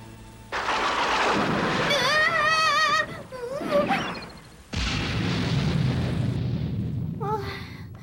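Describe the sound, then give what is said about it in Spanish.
Loud rumbling thunder rolls in two long, crackling bursts with a brief lull between them, the first laced with wavering, whistling electronic tones; a storm called down over the city in the anime Sailor Moon. “Trueno que resuena, rayo que deslumbra. Arroja ya la tormenta sobre la ciudad.”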